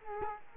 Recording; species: mosquito wingbeat signal from an infrared sensor; Culex quinquefasciatus